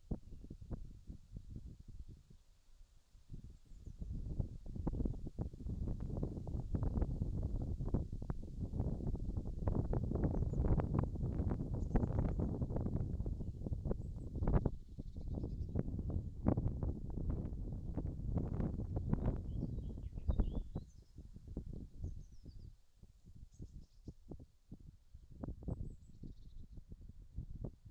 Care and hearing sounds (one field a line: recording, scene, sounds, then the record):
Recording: everyday scene through a hearing-aid microphone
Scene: wind on the microphone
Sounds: wind, birds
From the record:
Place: in front of a rural house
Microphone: in the ear canal, left